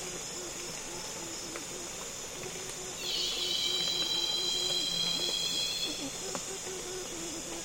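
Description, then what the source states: Cicada chorus as a constant, loud, high hiss, joined after three seconds by a shrill, tonal buzz held for about three seconds, with soft low chirps behind. Loud cicadas calling on a calm afternoon in Congo basin rainforest, with other insects flying and buzzing close to the microphones.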